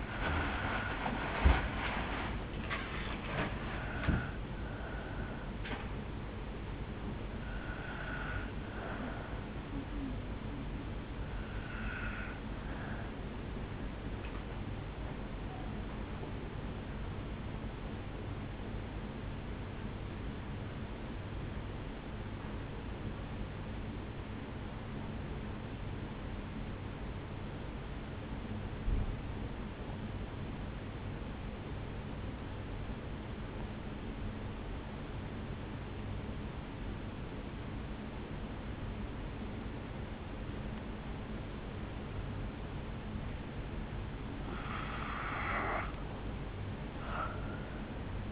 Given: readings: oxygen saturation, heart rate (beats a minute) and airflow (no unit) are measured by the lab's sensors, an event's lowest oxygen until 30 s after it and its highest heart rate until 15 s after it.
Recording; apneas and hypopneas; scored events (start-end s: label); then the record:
breathing in sleep by a voice recorder at the bedside; 1
3.00-33.00 s: new sleep stage, N1 (lightest sleep)
17.00-44.10 s: hypopnea (N1, oxygen 97% highest, then 79% lowest, heart rate 54 at the start, 71 highest)
33.00-48.32 s: new sleep stage, N2 (light sleep)
From the record:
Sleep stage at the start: N2 (light sleep); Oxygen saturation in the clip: 82 to 97%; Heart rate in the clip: 51 to 72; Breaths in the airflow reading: 9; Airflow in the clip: -4.4 to 4.6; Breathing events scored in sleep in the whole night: 449 in 7.0 hours asleep